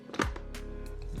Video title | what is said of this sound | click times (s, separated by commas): How to Make Your Vacuum Work Like NEW! Easy Filter & Brush Roller Cleaning | you should hear a click indicating that this is back into its respective place now | 0.2 s